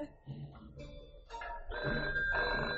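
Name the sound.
telephone ringing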